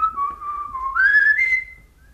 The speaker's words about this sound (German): Ich bitte den Hörer dieses Pfeifen unseres Herrn … aus dem Rosenkavalier, wenn ich nicht irre, in keiner Weise zu missdeuten. Es ist einfach ein strahlender Morgen.